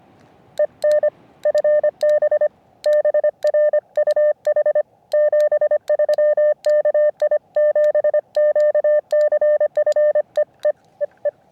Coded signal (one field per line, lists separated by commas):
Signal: Morse code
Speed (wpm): 24 wpm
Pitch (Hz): 600 Hz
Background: none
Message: EN FB BRUH 73 KI7QCF EE EE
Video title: CW Paddle Giveaway | Back at 1st SOTA